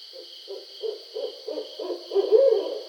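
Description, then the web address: Barred owl hooting in a series of low notes, gaining volume and closing with a drawn-out, slurred hoot, with a faint continuous high hum. Recorded 20 July 2012. "Barred Owl 2012 07 20 Barred Owl"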